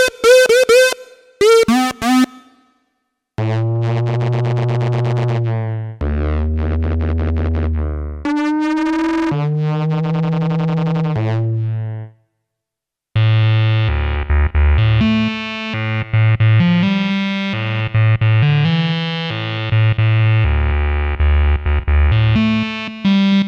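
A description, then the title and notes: Solo synth tones play a slow, halting line of held low notes, each bright and buzzy with a gritty, distorted edge. A few sharp, short blips open the passage, then longer sustained notes follow with brief silences between, later giving way to quicker stepwise changes. Some of my own XW-G1 Solo-synth sounds.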